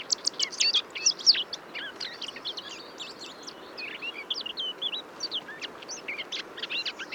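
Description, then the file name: Eurasian blackcap giving a continuous, hurried warble of varied high scratchy and whistled notes, loudest early on, with a steady background hiss. "Sylvia atricapilla"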